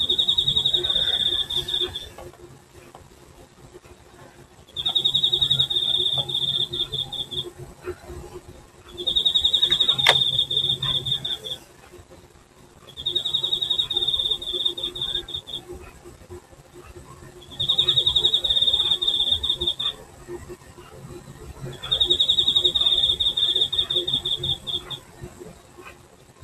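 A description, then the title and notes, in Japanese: Insects sing in Hokkaido, a shrill, high trill coming in regular bursts of about two to three seconds, separated by short pauses, roughly every four seconds. A faint low hum runs steadily underneath, with a brief click near ten seconds. 北海道の虫の声。ザーって言うノイズ的な雑音が入ってるけど、実際には耳には聞こえてなかったんだけど、収録したものだけにノイズが…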